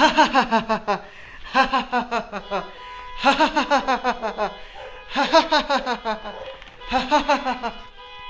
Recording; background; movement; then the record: laughter; traffic; walking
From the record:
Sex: male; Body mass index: 20.6 kg/m2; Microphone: on the chest, facing the body